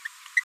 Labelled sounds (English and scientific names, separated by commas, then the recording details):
Green-rumped Parrotlet (Forpus passerinus) babbling
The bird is a female
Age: 23 days
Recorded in a nest box in Venezuela
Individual 17B73B2